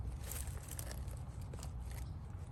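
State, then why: Not seated. A barbed drip connector is pushed into a punched hole in 1/2 in. poly drip tubing, with crackling, rustling handling noise and brief scrapes over a low rumble. Nothing has popped or seated yet; the fitting stays wiggly and will need sealing.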